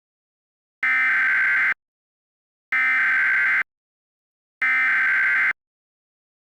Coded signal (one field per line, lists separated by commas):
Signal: Emergency Alert System (SAME) tones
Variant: header bursts